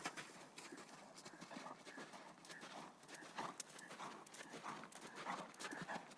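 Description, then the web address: Hoofbeats of galloping horses, a rapid uneven pounding that rises and falls in loudness. Horses galloping outdoors on sand. "sonniss-gdc-audio -horses-galloping-outside-in-sand"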